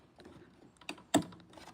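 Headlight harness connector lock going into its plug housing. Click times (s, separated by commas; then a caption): 1.2 s. A locking security slide on a headlight wiring harness connector of a 2012 Chevrolet Cruze LTZ is pushed into its plug housing as the connector is reassembled. Faint handling clicks and rustles lead up to a sharp, bright click at 1.2 s, the loudest moment, which confirms the connector is seated and locked. No one talks.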